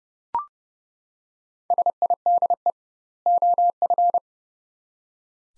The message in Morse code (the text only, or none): SIDE OF